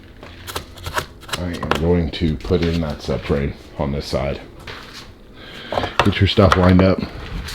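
A replacement subframe for a Husqvarna FC250/450 motorcycle is lined up with the frame mounting points while someone talks. Brief sharp handling taps are heard around 0.6, 0.8 and 1.0 s. Nothing has seated or clicked yet; the subframe is not yet home by the end of the clip.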